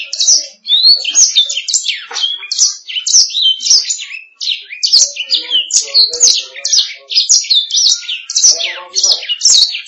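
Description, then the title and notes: Canary song: a fast, continuous run of high chirps and trills, bright and varied, with brief lower twittering notes underneath. "Suara Burung Kenari"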